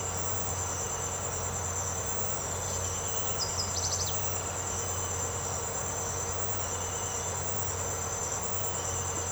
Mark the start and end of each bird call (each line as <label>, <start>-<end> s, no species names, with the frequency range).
bird call (2.6-6.6 kHz), 3.33-4.23 s